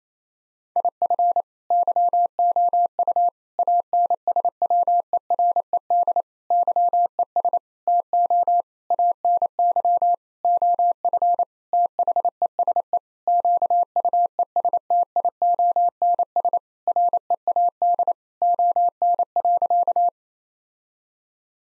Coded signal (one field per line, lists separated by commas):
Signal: Morse code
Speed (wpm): 28 wpm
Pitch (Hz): 700 Hz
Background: none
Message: IF YOU ANSWERED YES TO ANY OF THESE QUESTIONS READ ON.